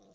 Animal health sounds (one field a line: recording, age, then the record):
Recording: pig call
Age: piglet (1 to 25 days)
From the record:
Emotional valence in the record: positive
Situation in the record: short reunion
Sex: female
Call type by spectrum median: low-frequency call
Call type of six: low-frequency stable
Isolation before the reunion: 3 minutes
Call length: 0.14 s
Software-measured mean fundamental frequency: 50 Hz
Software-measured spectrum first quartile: 358 Hz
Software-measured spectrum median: 676 Hz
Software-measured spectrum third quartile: 2896 Hz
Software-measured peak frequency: 190 Hz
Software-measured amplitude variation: 21 dB a second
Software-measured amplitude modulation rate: 20.8 a second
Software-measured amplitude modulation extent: 1.0 dB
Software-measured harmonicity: 3.1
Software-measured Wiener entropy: -3.26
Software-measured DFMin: 1108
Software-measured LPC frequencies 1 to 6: 564, 3696, 5688, 7749, 8744, 9632 Hz